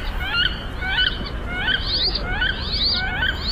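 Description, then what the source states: Wood duck calls, a run of thin rising squealed whistles repeated roughly every half second over a faint low rumble. Played as this week's mystery bird, a preview of the show's mystery bird contest.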